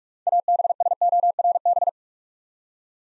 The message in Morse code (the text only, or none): ABSORB